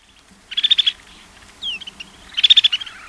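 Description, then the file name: Snow Bunting calls: two quick rippling bursts of high trilled notes about two seconds apart, with a short descending whistled note between them. "2007-11-13 Snow Bunting"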